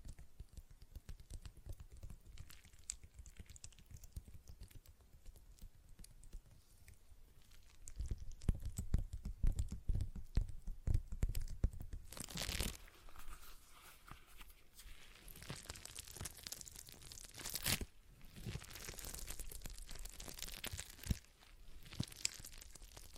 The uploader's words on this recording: ASMR Relaxing Stress Ball Sounds (No Talking).